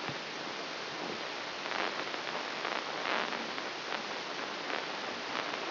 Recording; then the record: brain microelectrode recording played as sound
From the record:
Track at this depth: inside the subthalamic nucleus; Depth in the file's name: 6.305 mm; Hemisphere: left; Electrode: 3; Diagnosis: Parkinson's disease